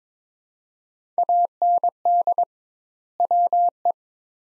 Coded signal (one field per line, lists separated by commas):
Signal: Morse code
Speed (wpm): 21 wpm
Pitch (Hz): 700 Hz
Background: none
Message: AND WE